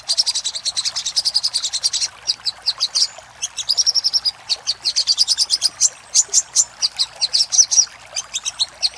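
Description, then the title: Little spiderhunter singing long strings of high, sharp chips, with short trilled phrases and slight gaps. Master recording made for training caged birds; Indonesian name Sogok Ontong. "Masteran Burung Sogok Ontong Labaik"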